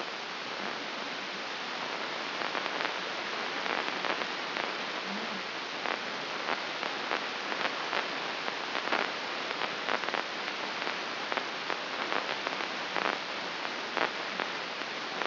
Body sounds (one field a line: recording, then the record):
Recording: brain microelectrode recording played as sound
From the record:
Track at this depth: outside the subthalamic nucleus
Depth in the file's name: 4.423 mm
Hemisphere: left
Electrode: 2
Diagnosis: Parkinson's disease